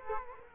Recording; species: mosquito wingbeat signal from an infrared sensor; Culex quinquefasciatus